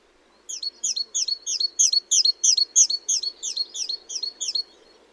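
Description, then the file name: Great tit giving a steady run of many sharp, high notes, about three each second, loudest in the middle of the run. "Parus major"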